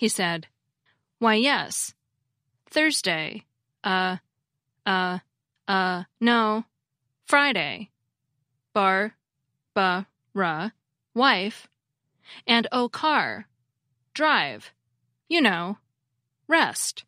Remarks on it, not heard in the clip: The non-fluent aphasia, the ones that cause agrammatic speech, is classified as Broca's aphasia because it's caused by damage to Broca's area. Here's an example of an utterance produced by a Broca sufferer, documented by linguist Victoria Fromkin. It was in response to the patient being asked if he had been going home on weekends.